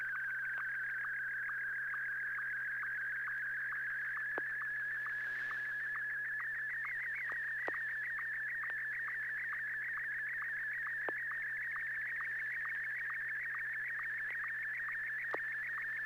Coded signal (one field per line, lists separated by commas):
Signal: SSTV (slow-scan television)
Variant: Martin 1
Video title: N6NA SSTV Net - 02/24/2021